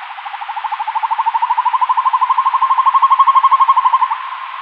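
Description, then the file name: Northern hawk-owl singing a long, rapid bubbling trill that rises slightly in pitch and lasts about four seconds before ending abruptly. "Hokuggla"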